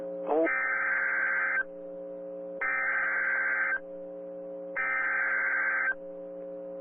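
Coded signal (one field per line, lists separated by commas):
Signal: Emergency Alert System (SAME) tones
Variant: header bursts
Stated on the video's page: Real PDS Tornado Warning EAS alert with an audio glitch during the alert.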